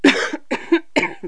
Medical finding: Female Cough.